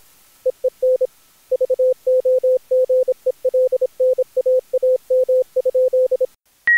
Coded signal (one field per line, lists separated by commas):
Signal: Morse code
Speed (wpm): 27 wpm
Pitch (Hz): 510 Hz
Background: none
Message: EEN VOGELNAAM?